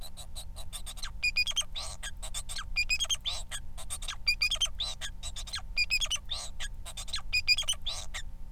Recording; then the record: song of a male Bengalese finch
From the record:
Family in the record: son of father 4